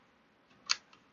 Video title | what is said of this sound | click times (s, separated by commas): The Studio—Session 4:all things doilies | can you hear that click | 0.7 s